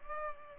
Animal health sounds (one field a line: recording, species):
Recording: mosquito wingbeat signal from an infrared sensor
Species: Culex pipiens